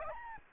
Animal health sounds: mosquito wingbeat signal from an infrared sensor; Aedes albopictus

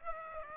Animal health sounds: mosquito wingbeat signal from an infrared sensor; Aedes aegypti

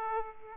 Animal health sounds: mosquito wingbeat signal from an infrared sensor; Aedes aegypti

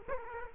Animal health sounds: mosquito wingbeat signal from an infrared sensor; Culex quinquefasciatus

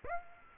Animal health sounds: mosquito wingbeat signal from an infrared sensor; Aedes aegypti

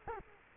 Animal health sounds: mosquito wingbeat signal from an infrared sensor; Culex quinquefasciatus

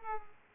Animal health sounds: mosquito wingbeat signal from an infrared sensor; Culex pipiens

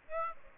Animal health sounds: mosquito wingbeat signal from an infrared sensor; Aedes aegypti

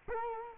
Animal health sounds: mosquito wingbeat signal from an infrared sensor; Culex quinquefasciatus

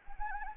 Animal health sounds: mosquito wingbeat signal from an infrared sensor; Anopheles arabiensis

